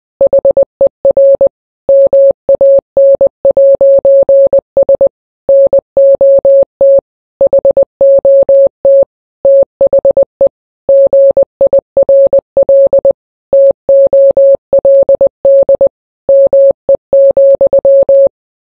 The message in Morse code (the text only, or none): HER MAN'S NOT HOT THE GIRL TOLD ME,